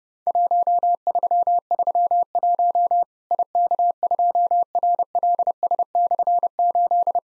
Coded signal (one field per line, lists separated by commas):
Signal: Morse code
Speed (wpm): 30 wpm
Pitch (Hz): 700 Hz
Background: none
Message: 1331 IK2RLS/8